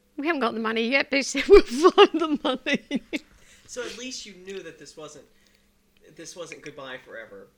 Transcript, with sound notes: We haven't got the money yet," they said, "but we'll find the money." ( she laughs )
So at least you knew that this wasn't, this wasn't goodbye forever.